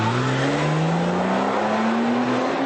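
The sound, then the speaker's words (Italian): A Porsche mid-engine sports car (Boxster or Cayman) revs loudly and continuously, its throaty harmonic drone climbing steadily in pitch over a few seconds, with no voices. “Venite a provare i nuovi modelli a motore centrale al Boxster e Cayman Tour.”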